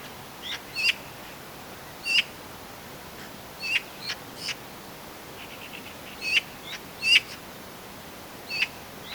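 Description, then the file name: Eurasian magpie giving short sharp calls, single notes and brief bursts scattered irregularly throughout over a steady background hiss. "Pica pica"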